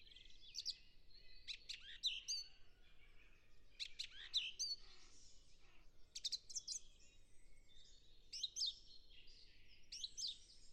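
Song thrush song: varied whistled and chattering phrases in short bursts with brief pauses.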